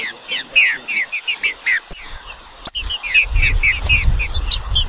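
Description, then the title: Green-winged saltator singing a fast sequence of short falling whistled notes. Two sharp clicks break in, and a low rumbling noise rises near the end. Wild bird, singing in competition with a free-living bird. "Trinca Ferro NICÃ O"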